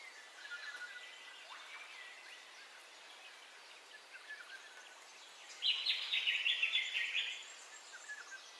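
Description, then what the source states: Birds calling at dawn, faint thin whistles and chirps, then a loud rapid twittering burst lasting about two seconds, over constant background hiss. Dawn ambience with bird calls, stereo.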